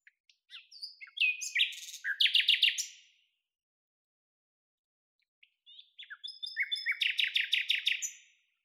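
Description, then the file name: Common nightingale song in two bursts of varied chattering notes that speed into quick repeated strokes, with a silent gap between them. "Luscinia megarhynchos"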